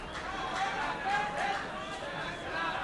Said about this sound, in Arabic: تحيي الجماهير الغفيرة التي ملأت كل مكان في دار سينما أوبرا. هذه الجماهير التي تستقبلها وهي تبدأ حفلاتها الغنائية.